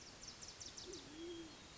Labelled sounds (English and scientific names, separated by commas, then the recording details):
Band-tailed Pigeon (Patagioenas fasciata)
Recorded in Sonoma County, California